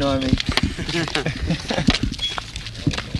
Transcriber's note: laughter